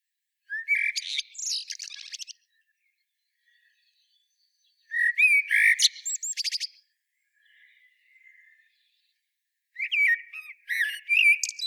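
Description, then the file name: Common blackbird singing three separate phrases, each a low mellow whistle running into a squeaky, high twittering flourish, with pauses of about two and a half seconds between them. "Turdus merula"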